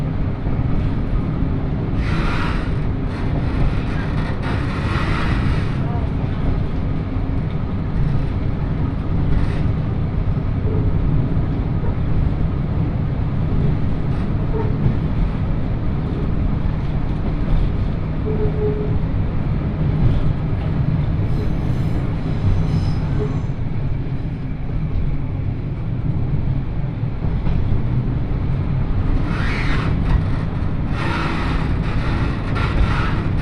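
Interior of a local train climbing slowly through hills: a steady, heavy low rumble fills the whole recording at an even level. Brighter rattling bursts rise over it near the start and again in the last few seconds, with faint voices underneath.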